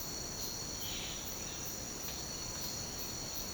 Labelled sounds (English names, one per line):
none